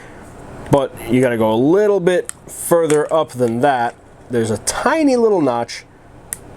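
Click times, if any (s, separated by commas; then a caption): 6.3 s. Someone talks while the steel slide of a 9mm Dan Wesson 1911 pistol is pushed back past full slide lock until it lines up with the tiny disassembly notch for the slide stop. A small, sharp click sounds at 6.3 s as the slide seats into the notch.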